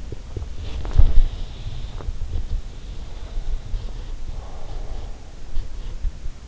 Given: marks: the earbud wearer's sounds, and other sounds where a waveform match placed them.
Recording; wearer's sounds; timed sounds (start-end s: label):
sounds in sleep by an in-ear microphone; body movement, breath
0.02-6.05 s: body movement
4.35-5.45 s: breath